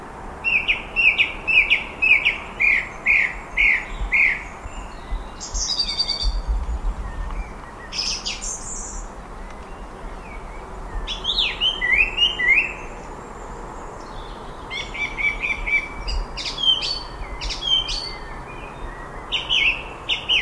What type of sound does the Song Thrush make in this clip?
song